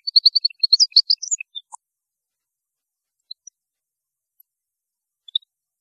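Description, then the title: European goldfinch giving a short burst of rapid high twittering, followed by a few scattered faint chirps. "Chant Chardonneret"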